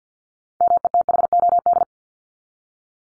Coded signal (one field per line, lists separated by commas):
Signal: Morse code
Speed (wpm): 48 wpm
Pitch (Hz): 700 Hz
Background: none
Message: METHOD